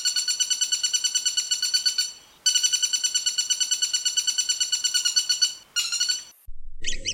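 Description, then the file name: Woodpecker calling in long, rapid runs of repeated nasal notes, pausing briefly before resuming, then short higher bursts near the end. A combination of three woodpeckers. "kombinasi tiga pelatuk"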